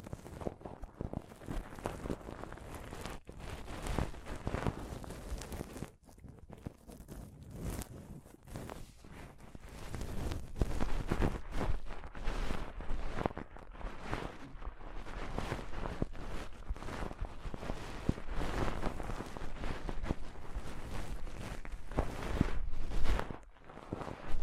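Intense scratching and rubbing on a microphone, dense and continuous, with rapid irregular strokes, brief pauses near six and twenty-four seconds.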